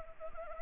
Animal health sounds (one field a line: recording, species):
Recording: mosquito wingbeat signal from an infrared sensor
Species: Anopheles arabiensis